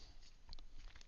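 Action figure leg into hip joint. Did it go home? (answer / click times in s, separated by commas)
yes / 0.5 s, 0.6 s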